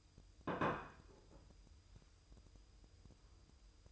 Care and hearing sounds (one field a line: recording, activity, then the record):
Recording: daily activity, microphone in the room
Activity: place plate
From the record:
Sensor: 2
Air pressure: 988.4 hPa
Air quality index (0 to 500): 193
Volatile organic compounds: 197 ppm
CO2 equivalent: 4203 ppm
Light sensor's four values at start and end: 19/64/25/24 and 19/64/25/24